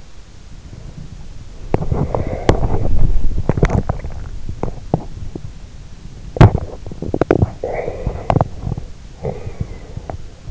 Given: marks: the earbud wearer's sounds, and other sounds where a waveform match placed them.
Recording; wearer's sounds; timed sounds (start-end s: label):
sounds in sleep by an in-ear microphone; body movement
1.48-5.71 s: body movement
6.16-10.51 s: body movement